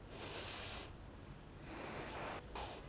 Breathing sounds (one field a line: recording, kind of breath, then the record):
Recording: one breath in and out by a microphone near the nose and mouth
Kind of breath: deep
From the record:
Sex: female